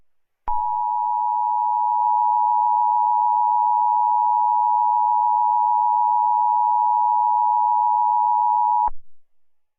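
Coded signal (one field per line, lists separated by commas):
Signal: Emergency Alert System (SAME) tones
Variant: 853 and 960 Hz attention tone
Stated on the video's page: Fictional EAS scenario, not a real alert.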